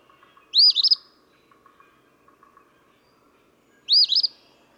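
Eastern phoebe: two sharp, raspy two-note phrases roughly three seconds apart.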